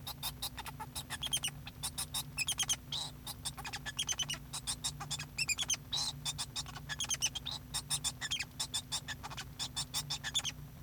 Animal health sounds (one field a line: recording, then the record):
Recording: song of a male Bengalese finch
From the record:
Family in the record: son of father 2